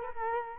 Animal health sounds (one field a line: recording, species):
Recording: mosquito wingbeat signal from an infrared sensor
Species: Culex quinquefasciatus